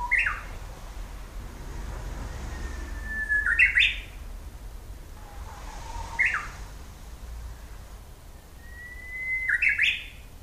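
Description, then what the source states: Japanese bush warbler song, repeated several times: each phrase a soft whistled lead-in ending in a loud, sharp, slurred flourish, roughly every three seconds. 16 April 2007.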